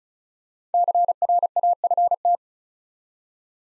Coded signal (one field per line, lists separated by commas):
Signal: Morse code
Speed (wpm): 34 wpm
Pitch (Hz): 700 Hz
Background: none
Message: CRAFT